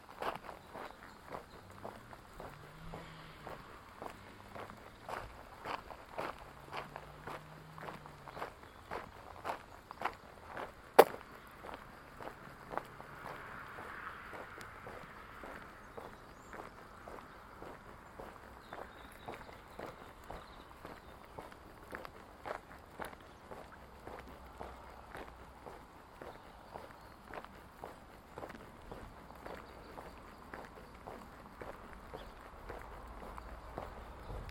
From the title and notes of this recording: Walking (Sticks) the Villalba Overpass. In Situ Season 1 episodes are 5 minutes of ambient sound recorded along del Norte, the northern coastal route of the Camino de Santiago network of pilgrimage paths converging in Spain. These tiny meditations are made with binaural microphones, creating an immersive hyper-realistic listening experience.